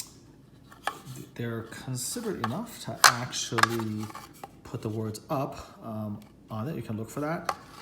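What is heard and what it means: A wooden piece of a glueless Blood Rage board game organizer insert box is pressed into its slot and snaps into place with a perfect fit, with clicks at 0.7 s and 0.9 s. Someone then talks for the rest of the clip.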